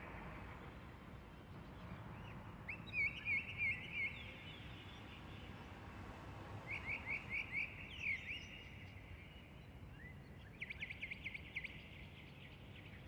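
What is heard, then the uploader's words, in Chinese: Birds sing in short, bright bursts of repeated chirps over a low, steady city rumble of traffic. Phrases come around three to four seconds, again near seven to eight, and once more after ten seconds, each a quick run of notes standing out from the hum. 城市初啼。黑夜中醒来，耳边是一群小鸟的欢叫。凌晨5点27分，让我们倾听鸟鸣和城市初醒。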